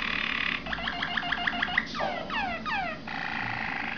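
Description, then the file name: Waterslager canary song with a rapid repeated trill, three swooping downward slurs, then a steady buzzy roll. Breed also called Malinois. "malinois waterslager omkicau"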